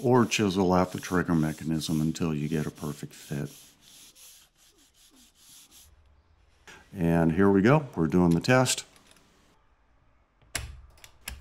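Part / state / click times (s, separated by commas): spear shaft into speargun trigger mechanism / seated / 10.6 s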